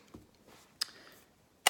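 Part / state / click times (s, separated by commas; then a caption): release latch on paintball marker body / released / 0.8 s, 1.7 s. A hidden black release latch under the body of a DLX Luxe X paintball marker is pulled forward, giving sharp clicks at 0.8 s and 1.7 s. The latch clicks open and the part comes off the marker body, released.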